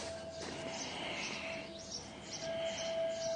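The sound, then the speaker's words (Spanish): Soft, scattered bird chirps flit high over a steady low background hum, with no voices present; the calls are brief and faint, repeating irregularly throughout. “Vamos a procurar concentrarse en estos ruidos de aquí internos. De las benditas aves.”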